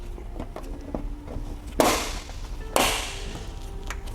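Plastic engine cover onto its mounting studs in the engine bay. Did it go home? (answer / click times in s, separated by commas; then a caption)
yes / 1.8 s, 2.8 s. Plastic engine bay covers on a 971 Panamera 4S are lined up and pressed down onto their mounting studs after road testing the RaceChip tuning module. A few faint taps come first, then two sharp plastic snaps ring out at 1.8 s and 2.8 s. The covers snap into place and are seated.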